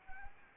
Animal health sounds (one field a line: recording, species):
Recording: mosquito wingbeat signal from an infrared sensor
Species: Anopheles arabiensis